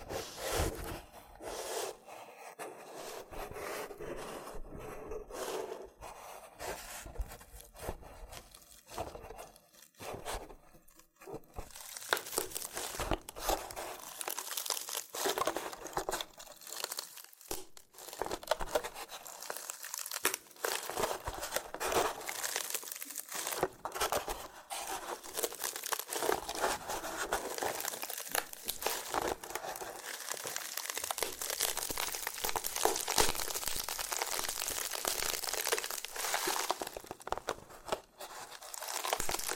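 A loofah is handled with dense, crinkly peeling and crackling sounds that run almost without pause for the whole 40 seconds. The texture is bright and scratchy, with sharp popping clicks scattered throughout, and it thickens and grows busier after about twelve seconds.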